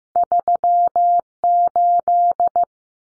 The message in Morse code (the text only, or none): 38